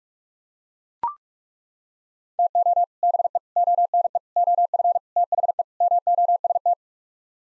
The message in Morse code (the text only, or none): TO BE ONE OF THE MOST